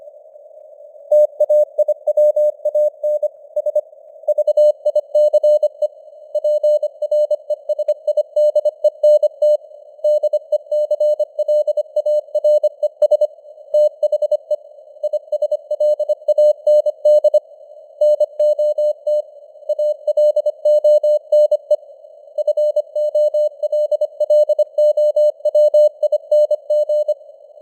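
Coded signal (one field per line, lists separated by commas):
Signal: Morse code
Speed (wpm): 25 wpm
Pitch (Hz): 600 Hz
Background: none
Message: TAIWAN S VICE PRESIDENT DECLARES THE ISLAND NOT ALONE FOLLOWING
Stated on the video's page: Computer-generated Morse news headlines at 25 wpm with simulated radio noise and varying signal strength (QSB).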